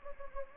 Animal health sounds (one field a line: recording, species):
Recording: mosquito wingbeat signal from an infrared sensor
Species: Anopheles gambiae